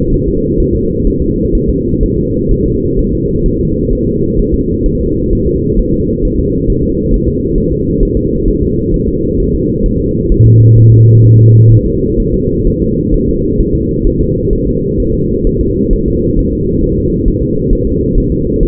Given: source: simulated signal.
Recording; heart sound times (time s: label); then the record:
fetal heart sounds
0.14 s: S1
0.28 s: S2
0.60 s: S1
0.75 s: S2
1.07 s: S1
1.22 s: S2
1.55 s: S1
1.69 s: S2
2.03 s: S1
2.18 s: S2
2.52 s: S1
2.66 s: S2
2.99 s: S1
3.13 s: S2
3.46 s: S1
3.60 s: S2
3.93 s: S1
4.07 s: S2
4.39 s: S1
4.54 s: S2
4.86 s: S1
5.00 s: S2
5.33 s: S1
5.47 s: S2
5.79 s: S1
5.94 s: S2
6.25 s: S1
6.40 s: S2
6.70 s: S1
6.84 s: S2
7.14 s: S1
7.28 s: S2
7.58 s: S1
7.72 s: S2
8.03 s: S1
8.17 s: S2
8.48 s: S1
8.62 s: S2
8.94 s: S1
9.08 s: S2
9.40 s: S1
9.54 s: S2
9.86 s: S1
10.00 s: S2
10.32 s: S1
10.46 s: S2
10.78 s: S1
10.92 s: S2
11.25 s: S1
11.39 s: S2
11.72 s: S1
11.86 s: S2
12.20 s: S1
12.34 s: S2
12.67 s: S1
12.82 s: S2
13.14 s: S1
13.29 s: S2
13.61 s: S1
13.75 s: S2
14.07 s: S1
14.21 s: S2
14.53 s: S1
14.68 s: S2
15.00 s: S1
15.14 s: S2
15.47 s: S1
15.61 s: S2
15.93 s: S1
16.08 s: S2
16.39 s: S1
16.53 s: S2
16.84 s: S1
16.98 s: S2
17.28 s: S1
17.43 s: S2
17.73 s: S1
17.87 s: S2
18.18 s: S1
18.32 s: S2
18.63 s: S1
From the record:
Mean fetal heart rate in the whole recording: 130 bpm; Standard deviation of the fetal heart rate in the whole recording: 4 bpm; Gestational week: 38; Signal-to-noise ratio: -10.2 dB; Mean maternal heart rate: 72 bpm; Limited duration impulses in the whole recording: present